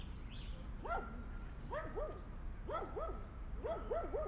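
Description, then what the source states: Dog barking in short, high yelping barks, singly, in quick pairs and then a run of several, roughly every second, over a steady low background rumble. Dogs crossing a park on Via Irnerio, Bologna, Italy; recorded by students of the Liceo Musicale L. Bassi di Bologna for the ALEarth project.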